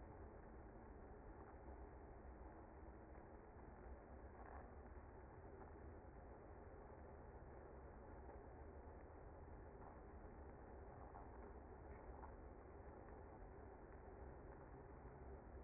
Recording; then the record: honeybee colony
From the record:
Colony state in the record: active